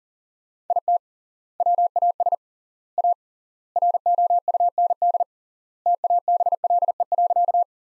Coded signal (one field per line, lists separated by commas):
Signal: Morse code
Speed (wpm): 40 wpm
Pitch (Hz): 700 Hz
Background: none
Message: IT WAS A ROUND TABLE.